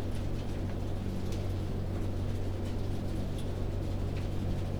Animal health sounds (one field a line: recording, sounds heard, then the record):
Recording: poultry house recording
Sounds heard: no chicken sound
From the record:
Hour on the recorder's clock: 22